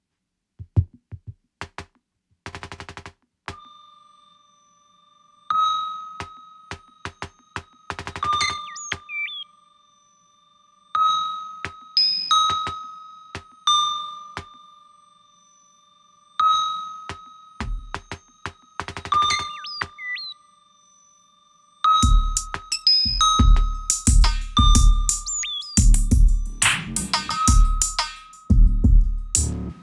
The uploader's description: Beeps, bells, fuzz, hihats.